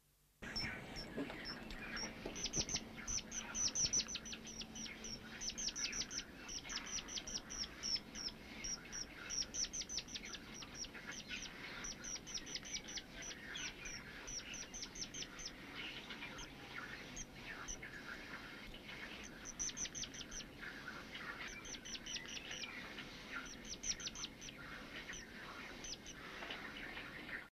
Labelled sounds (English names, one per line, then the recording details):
White-throated Dipper call
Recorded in captivity
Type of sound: call
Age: adult
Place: Alpenzoo Innsbruck, Tirol, AT
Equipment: Halbspur, 9,5 cm/s
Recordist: Lütgens, Hans
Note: Handaufgezogene flügge Wasseramsel bettelt